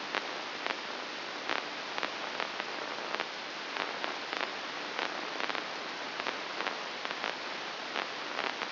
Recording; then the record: brain microelectrode recording played as sound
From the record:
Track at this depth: inside the subthalamic nucleus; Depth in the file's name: 3.004 mm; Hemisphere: right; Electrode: 2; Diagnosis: Parkinson's disease